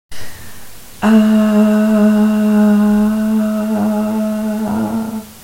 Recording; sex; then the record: sustained vowel /a/; female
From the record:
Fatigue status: no fatigue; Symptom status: asymptomatic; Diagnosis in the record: COVID-19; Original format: m4a